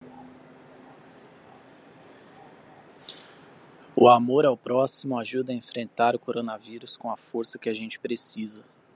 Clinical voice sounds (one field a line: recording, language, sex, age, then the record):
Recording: spoken sentence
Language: Brazilian Portuguese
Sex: male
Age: 20 to 29 years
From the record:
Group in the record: control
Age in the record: 25 years